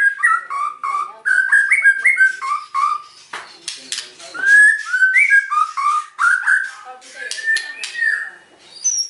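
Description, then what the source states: White-rumped shama song of mellow, lower whistled phrases repeated in quick sequence, with scratchy interjections and a few high thin notes. Lure song (pancingan) meant to provoke an immediate response from other birds; bird described as gacor, singing actively and often.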